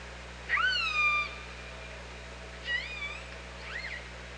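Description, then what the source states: Orca calls: two rising-then-level harmonic whistled calls, a strong one near the start and a softer one later, with a faint third, over steady low hum. Recorded by OrcaLab on 24 August 2017 at about 07:50.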